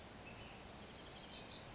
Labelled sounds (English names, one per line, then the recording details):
Western Flycatcher
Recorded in Sonoma County, California